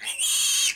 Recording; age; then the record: pig call; piglet (1 to 25 days)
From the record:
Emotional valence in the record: negative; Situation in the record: castration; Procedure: castration, fixation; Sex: male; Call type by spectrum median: high-frequency call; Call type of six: high-frequency modulated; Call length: 0.76 s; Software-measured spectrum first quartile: 3365 Hz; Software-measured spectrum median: 5897 Hz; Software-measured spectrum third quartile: 7935 Hz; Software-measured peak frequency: 3278 Hz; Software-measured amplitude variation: 106 dB a second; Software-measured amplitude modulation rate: 21.8 a second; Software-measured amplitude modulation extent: 4.9 dB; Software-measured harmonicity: 2.8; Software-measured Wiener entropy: -2.37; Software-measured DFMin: 529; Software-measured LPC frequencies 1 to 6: 1192, 3223, 3806, 4536, 6382, 7068 Hz